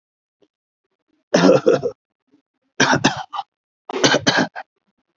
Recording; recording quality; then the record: shallow voluntary cough; excellent, no background noise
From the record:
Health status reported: COVID-19 positive, no symptoms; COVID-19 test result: positive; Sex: male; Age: 44 years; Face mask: worn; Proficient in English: no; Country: India